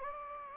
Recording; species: mosquito wingbeat signal from an infrared sensor; Anopheles gambiae